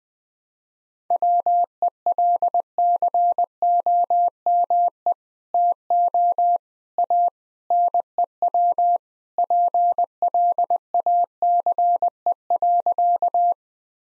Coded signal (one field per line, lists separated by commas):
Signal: Morse code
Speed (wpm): 19 wpm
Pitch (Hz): 700 Hz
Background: none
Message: WELCOME TO A NEW PLACE.